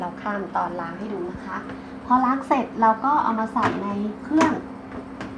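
A rinsed plastic lint filter is pushed back into its slot in the drum of a top-load washing machine while someone talks. A short click is heard at 5.2 s as the filter seats in place.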